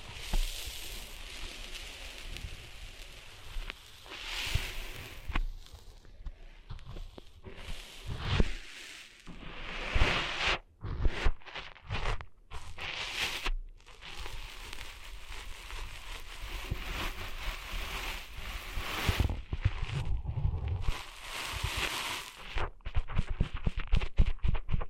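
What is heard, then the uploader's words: Sand is being cleaned out of ears with a dense, scratchy rustling and rubbing that swells and fades in uneven waves. Around the middle the scraping breaks into short separate strokes with brief silences, and the final seconds turn into fast, crackling rubs. ASMR Cleaning Sand Out of Your Ears (No Talking).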